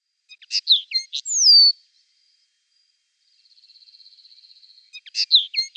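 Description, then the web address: Eurasian linnet song with sharp chirps and a falling whistled note, then a soft thin ticking trill, before more twittering notes resume. "Schulze Peter Eurasian Linnet song"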